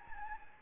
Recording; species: mosquito wingbeat signal from an infrared sensor; Anopheles gambiae